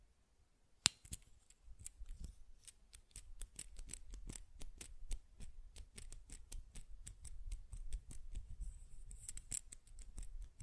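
After a brief silence, a sharp click starts a dense, irregular run of quick button clicks and taps, with soft low thumps underneath.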